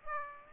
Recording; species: mosquito wingbeat signal from an infrared sensor; Aedes aegypti